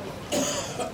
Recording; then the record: coughing mixed with background sound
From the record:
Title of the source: Residual Phlegmy Morning Coughing and Gagging